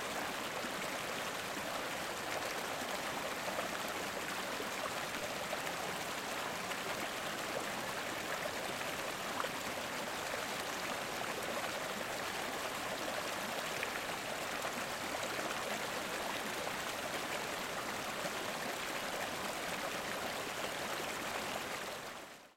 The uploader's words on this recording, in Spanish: Arroyo Glaciar Martial - Ushuaia. Recorrido sonoro por Uahuaia y Lapataia - Tierra del Fuego - Argentina.